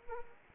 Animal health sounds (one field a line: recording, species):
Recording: mosquito wingbeat signal from an infrared sensor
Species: Anopheles arabiensis